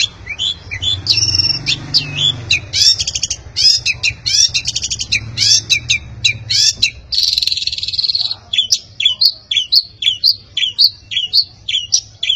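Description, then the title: Long-tailed shrike song mixing rapid scratchy chatter with a buzzy trill, then a string of short, sharp chirped notes at an uneven pace. "Cendet"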